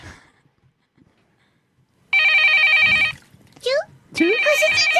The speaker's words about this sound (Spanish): El teléfono.